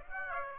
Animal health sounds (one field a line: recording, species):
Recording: mosquito wingbeat signal from an infrared sensor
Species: Aedes aegypti